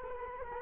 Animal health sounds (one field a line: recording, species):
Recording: mosquito wingbeat signal from an infrared sensor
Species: Culex quinquefasciatus